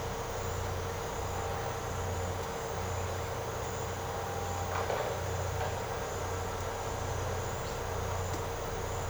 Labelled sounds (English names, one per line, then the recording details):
none
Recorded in secondary vegetation near Puerto Asís, Putumayo, Colombia, on 13 March 2025 at 07:30
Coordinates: 0.468, -76.324
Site G059